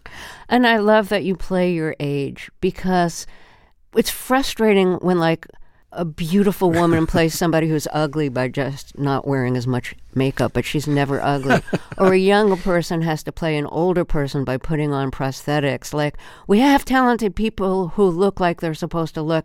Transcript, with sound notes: And I love that you play your age because it's frustrating when, like, a beautiful woman plays somebody who's ugly by just not wearing as much makeup, but she's never ugly.
(Laughter).
Or a young person has to play an older person by putting on prosthetics. Like, we have talented people who look like they're supposed to look.